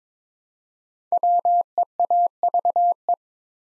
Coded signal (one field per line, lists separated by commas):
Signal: Morse code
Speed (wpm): 22 wpm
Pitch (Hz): 700 Hz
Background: none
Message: WEAVE